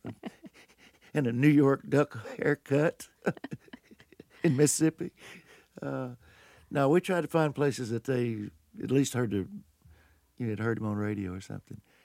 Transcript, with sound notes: and a New York duck haircut, in Mississippi. (laughs) No, we tried to find places that they at least heard -- they had heard him on the radio or something.